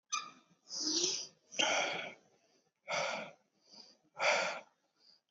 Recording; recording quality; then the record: shallow breathing; excellent, no background noise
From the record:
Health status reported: COVID-19 positive, mild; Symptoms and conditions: cough, cold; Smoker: not ticked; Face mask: not worn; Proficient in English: yes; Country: India